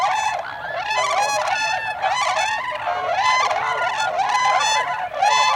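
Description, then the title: Tundra swans calling loudly, rich nasal bugling whoops given in repeated bursts, over a background of more swans hooting. Recorded 26 December 2020. "2020-12-26-Tundra-Swans"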